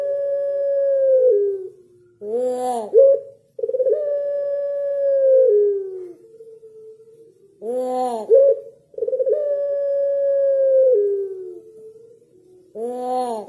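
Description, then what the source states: Barbary dove cooing repeatedly: quick arched opening notes then sustained, gently falling tones, phrases recurring every five to six seconds against near silence. Training (masteran) recording of a white Barbary dove made to teach songbirds.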